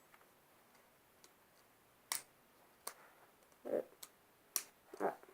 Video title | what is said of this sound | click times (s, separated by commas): LEGEND SPRYZEN S3 UNBOXING BEYBLADE BURST | je mets le petit clic. | 4.6 s